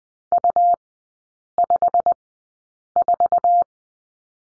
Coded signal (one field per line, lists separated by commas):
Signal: Morse code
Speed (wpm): 20 wpm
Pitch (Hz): 700 Hz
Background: none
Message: U54